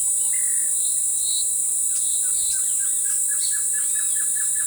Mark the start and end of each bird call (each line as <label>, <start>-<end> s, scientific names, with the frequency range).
Poecilotriccus sylvia (1.2-3.5 kHz), 0.00-0.72 s
Sakesphorus canadensis (0.6-3.6 kHz), 1.90-4.67 s